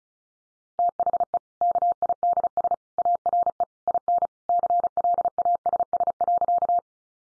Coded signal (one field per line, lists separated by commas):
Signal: Morse code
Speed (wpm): 34 wpm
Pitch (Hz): 700 Hz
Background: none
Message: THE KIDS ARE IN CLASS.